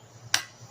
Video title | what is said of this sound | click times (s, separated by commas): How to Repair a Speed-Feed Trimmer Head | Hear it lock when you hear it click and lock in place, and it's in there. | 0.3 s